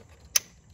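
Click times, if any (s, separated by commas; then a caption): 0.4 s. A new oxygen sensor's plastic pigtail connector is pushed into the engine wiring harness plug on a 6th-generation Toyota Camry. A single sharp click sounds at 0.4 s as it latches, against a quiet background. The connector is seated.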